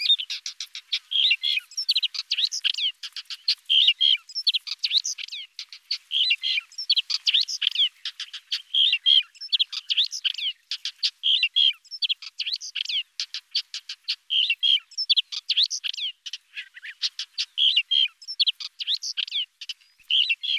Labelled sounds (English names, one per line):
Upcher's Warbler song